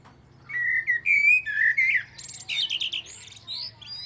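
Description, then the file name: Common blackbird warbling a long phrase of mellow, gliding whistles that shifts into high squeaky and scratchy twitters. "Turdus merula"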